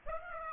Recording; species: mosquito wingbeat signal from an infrared sensor; Aedes aegypti